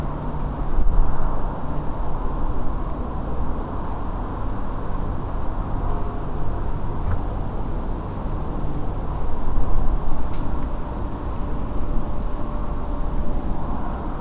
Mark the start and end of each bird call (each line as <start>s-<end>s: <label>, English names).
6.73s-6.90s: Redwing